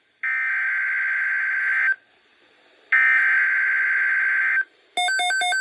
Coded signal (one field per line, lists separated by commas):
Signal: Emergency Alert System (SAME) tones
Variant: header bursts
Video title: Severe Thunderstorm Watch (EAS #785) 5/2/25